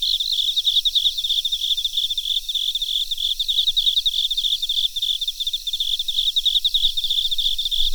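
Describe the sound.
Cricket chirps, high and fast, pulsing evenly without pause through the whole stretch, with faint low rumble underneath.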